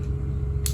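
A keyless chuck on a cordless drill, gripping a drill bit, is tightened by hand over a steady low hum. The chuck's ratchet gives one loud, sharp click at 0.7 s, confirming the chuck is being torqued down on the bit.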